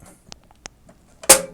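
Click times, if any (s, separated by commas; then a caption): 0.3 s, 0.7 s. A graphics card is pushed down into a motherboard PCIe slot until the retention clip snaps, giving two sharp clicks at 0.3 s and 0.7 s. A louder, longer noise burst follows at about 1.3 s. The card is seated in the slot.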